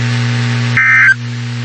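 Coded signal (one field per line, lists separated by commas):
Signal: Emergency Alert System (SAME) tones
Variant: end-of-message bursts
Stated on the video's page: Real tornado watch update received from NOAA Weather Radio station WXK91, Topeka, Kansas.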